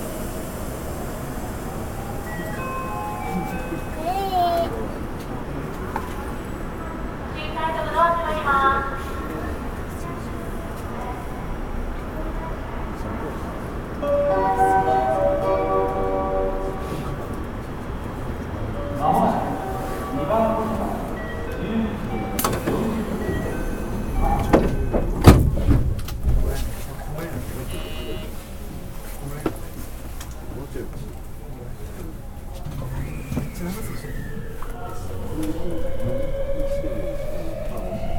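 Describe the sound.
Inside a moving electric train, a steady low rumble runs beneath voices, a sharp clunk near twenty-five seconds, then a rising motor whine.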